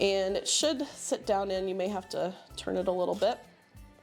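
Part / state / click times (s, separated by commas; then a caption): metal gallery assembly onto oil lamp burner / not seated / none. A chimney, mantle and metal gallery assembly is being set onto the burner of an Aladdin oil lamp, resting on the fount, and turned slightly so it will lock into place. Someone talks over background music, with only faint handling sounds beneath. Nothing has seated or clicked yet; the assembly is still being handled and is not yet locked home.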